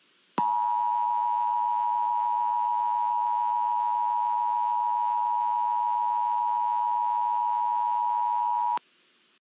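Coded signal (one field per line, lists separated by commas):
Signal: Emergency Alert System (SAME) tones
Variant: 853 and 960 Hz attention tone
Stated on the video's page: Fictional EAS scenario, a first attempt that may contain errors.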